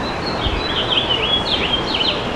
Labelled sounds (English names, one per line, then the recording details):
House Finch song
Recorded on Long Island, New York, on 13 June 2011
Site MH
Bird A